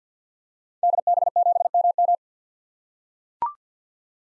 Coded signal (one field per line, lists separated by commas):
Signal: Morse code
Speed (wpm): 45 wpm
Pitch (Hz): 700 Hz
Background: none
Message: DB7MM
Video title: 2023 SOTA Activator Call Signs - 50wpm